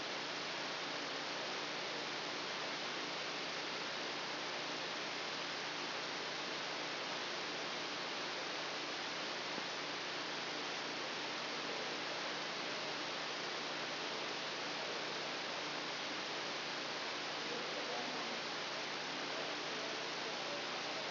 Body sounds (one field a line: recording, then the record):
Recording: brain microelectrode recording played as sound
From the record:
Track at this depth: outside the subthalamic nucleus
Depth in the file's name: -0.683 mm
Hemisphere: left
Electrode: 2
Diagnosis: Parkinson's disease